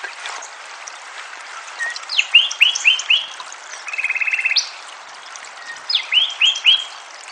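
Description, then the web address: Sinaloa wren song: two groups of clear whistled notes separated by a single steady buzzy trill. "Wrens Kinglets Gnatcatchers Sinaloa Wren RThompson song"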